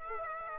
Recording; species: mosquito wingbeat signal from an infrared sensor; Aedes aegypti